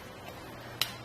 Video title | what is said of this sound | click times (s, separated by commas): Does the Hollywood Racks Sport Rider SE Bike Rack for 2 Electric Bikes Suit Your 2023 Kia Telluride | and you'll hear it click into place | 0.8 s